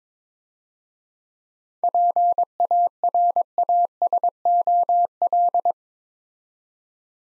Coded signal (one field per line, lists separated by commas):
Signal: Morse code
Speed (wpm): 24 wpm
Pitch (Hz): 700 Hz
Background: none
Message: PARASOL